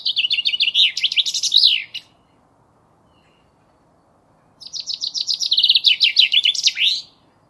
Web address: cianscape birddata Deverinetal 2025 Bird Only Fr Co